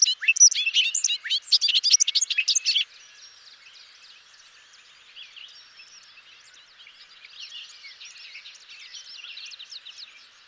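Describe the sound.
Bobolink song: a loud burst of rapid, bubbling, metallic notes for about three seconds, then a long stretch of softer, babbling song.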